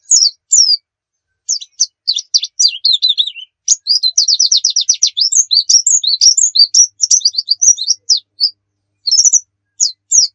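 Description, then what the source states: White-eye song: scattered high chirps build into a rapid stream of sharp notes, then thin out to separate slurred calls. Muria-type white-eye (pleci Muria) singing actively (gacor); Indonesian masteran recording used to train caged songbirds to sing.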